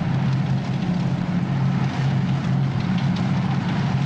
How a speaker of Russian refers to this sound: Вечереет. Танки едут через лес.